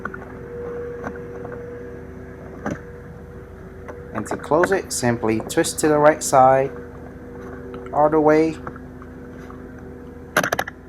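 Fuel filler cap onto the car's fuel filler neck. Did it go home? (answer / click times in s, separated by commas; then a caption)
yes / 10.4 s, 10.5 s, 10.6 s. Someone talks while the plastic fuel filler cap of a 2014 Land Rover LR2 is twisted to the right all the way onto the car's fuel filler neck, with a steady low hum underneath. A loud sharp snap at 10.4 s is followed by quick ratchet-like clicks at 10.5 and 10.6 s as the cap snaps tight and seats.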